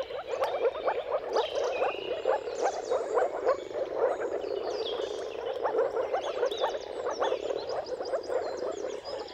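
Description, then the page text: Moor frogs in full chorus, an unbroken bubbling hum, with assorted birds chirping and whistling above it. Mating-call chorus of many moor frogs at sunrise, turn of March and April, timing depending on the weather. "Dawn’s Chorus: Mating Calls of Marsh Frogs at Sunrise. Jakub-Orzecki moor frogs. Depending on the weather at the turn of March and April, you can witness an amazing spectacle of moor frogs"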